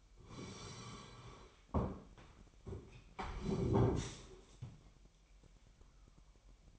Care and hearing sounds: daily activity, microphone in the room; sit down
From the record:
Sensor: 1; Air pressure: 998.5 hPa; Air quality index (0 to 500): 121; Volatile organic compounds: 3 ppm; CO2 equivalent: 1451 ppm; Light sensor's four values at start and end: 9/21/9/10 and 9/22/9/10

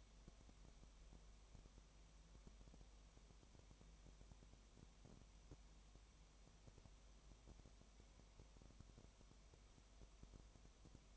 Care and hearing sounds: daily activity, microphone in the room; no activity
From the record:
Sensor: 1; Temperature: 19.4 degrees Celsius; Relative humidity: 35.7%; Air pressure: 1003.3 hPa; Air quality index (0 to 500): 113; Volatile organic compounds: 2 ppm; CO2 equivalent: 1258 ppm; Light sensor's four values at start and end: 1/2/1/1 and 1/2/1/1

